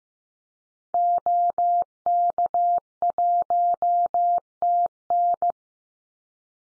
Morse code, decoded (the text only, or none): OK1TN